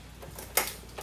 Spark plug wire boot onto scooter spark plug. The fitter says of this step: line it up till you hear it click